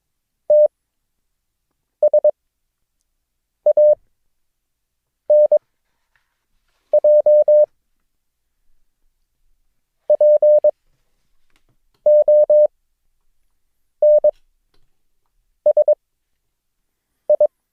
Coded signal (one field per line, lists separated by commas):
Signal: Morse code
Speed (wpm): 22 wpm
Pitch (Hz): 600 Hz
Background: none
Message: TSANJ PONSI